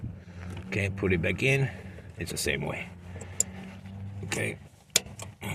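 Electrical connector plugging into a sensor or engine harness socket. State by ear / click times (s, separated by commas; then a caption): seated / 5.0 s. An electrical plug in a Prius engine bay, released by squeezing and wiggling, is pushed back onto its sensor or engine harness socket while someone talks over a steady low hum. A sharp click at 5.0 s marks the connector latching, and it is seated.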